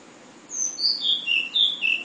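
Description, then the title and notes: Flowerpecker song: a rapid string of six sharp, high whistled notes, each short and clear, against low steady hiss. Song style called sulingan; from Kudus. "Tledekan/Sulingan ABABIL. Suara Burung Tledekan Ababil dari Kudus"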